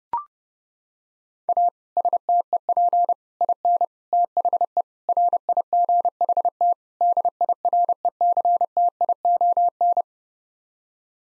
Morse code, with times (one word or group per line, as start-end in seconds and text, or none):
1.5-1.7 A
2.0-3.1 STEP
3.4-3.8 IN
4.1-4.8 THE
5.1-6.7 RIGHT
7.0-10.0 DIRECTION